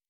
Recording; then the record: hydrophone in a shrimp aquaculture tank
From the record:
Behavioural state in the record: normal